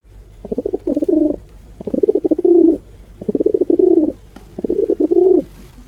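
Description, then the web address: Bird cooing in low, throaty, bubbling phrases, four in all at a steady pace, with a faint low hum underneath. "animals birds"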